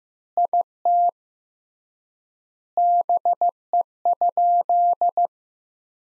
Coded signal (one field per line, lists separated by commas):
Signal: Morse code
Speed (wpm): 16 wpm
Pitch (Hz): 700 Hz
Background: none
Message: IT BE?